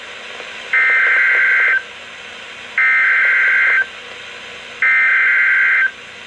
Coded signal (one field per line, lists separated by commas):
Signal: Emergency Alert System (SAME) tones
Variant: header bursts